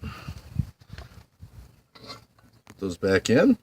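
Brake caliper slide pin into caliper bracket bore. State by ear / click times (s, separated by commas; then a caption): not seated / none. The greased brake caliper slide pins on a Ford Mustang's front brakes are handled and lined up with their bores in the caliper bracket, with light rubbing and handling noise while someone talks. The pins have not been pushed home yet and nothing has seated or clicked.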